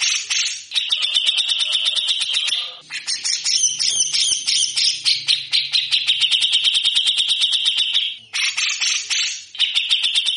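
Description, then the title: Grey-cheeked bulbul delivering long runs of grating, rapid-fire notes, pausing briefly near three and eight seconds. Bird singing actively (gacor) for cage-bird training (masteran), full of harsh rapid chatter (besetan kasar). "MASTERAN CUCAK JENGGOT GACOR FULL BESETAN KASAR DURASI PANJANG"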